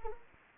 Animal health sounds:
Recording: mosquito wingbeat signal from an infrared sensor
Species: Anopheles arabiensis

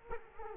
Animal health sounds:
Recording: mosquito wingbeat signal from an infrared sensor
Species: Culex quinquefasciatus

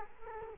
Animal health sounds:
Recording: mosquito wingbeat signal from an infrared sensor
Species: Culex quinquefasciatus

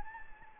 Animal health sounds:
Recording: mosquito wingbeat signal from an infrared sensor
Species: Anopheles gambiae

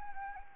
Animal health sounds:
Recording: mosquito wingbeat signal from an infrared sensor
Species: Anopheles arabiensis

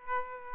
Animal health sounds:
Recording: mosquito wingbeat signal from an infrared sensor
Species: Aedes aegypti

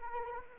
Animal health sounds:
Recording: mosquito wingbeat signal from an infrared sensor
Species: Anopheles arabiensis

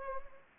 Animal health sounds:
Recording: mosquito wingbeat signal from an infrared sensor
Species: Anopheles gambiae

